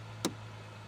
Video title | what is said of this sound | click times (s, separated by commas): Is300 LED Tail light Install | the new tail light just pop into place | 0.2 s